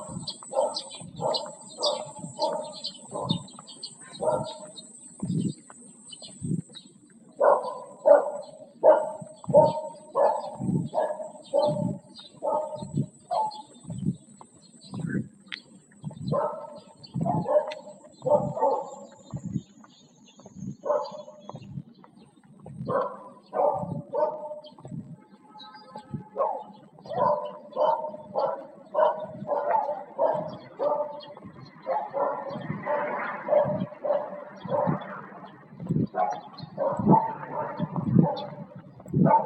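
Birds call in the morning air with a steady run of short, throaty calls in quick bursts, while a thin high whistle fades early on.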